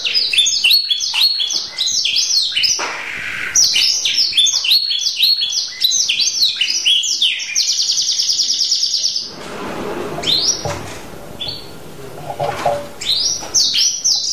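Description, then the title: Canary song: long run of rapid, high, rolling trills and sweeping whistled notes, with a brief lower buzzy break near the middle and a steady trill before a lower noisy stretch, then resuming. Champion canary singer. "Kicau Burung Kenari Juara"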